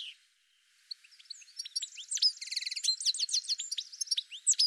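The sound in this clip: Bird pouring out a continuous, jumbled high warble of rattling trills, quick down-slurred notes and sharp chips that grows louder toward the end.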